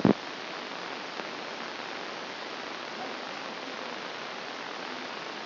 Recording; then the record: brain microelectrode recording played as sound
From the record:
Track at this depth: outside the subthalamic nucleus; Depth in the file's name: 0.545 mm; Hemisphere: left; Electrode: 3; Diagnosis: Parkinson's disease